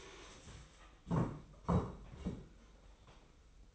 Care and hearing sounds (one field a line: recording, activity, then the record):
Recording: daily activity, microphone in the room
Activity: stand up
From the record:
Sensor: 1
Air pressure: 990.5 hPa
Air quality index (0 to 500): 153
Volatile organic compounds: 1000 ppm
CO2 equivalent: 5536 ppm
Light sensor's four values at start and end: 32/74/32/34 and 32/73/31/34